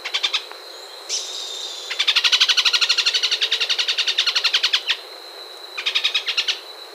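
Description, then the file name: Bird producing quick repeated pulsed trills and a long chattering run, with a faint sustained high whistle between bursts. "SABIOD 50 bird 2015"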